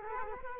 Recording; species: mosquito wingbeat signal from an infrared sensor; Culex quinquefasciatus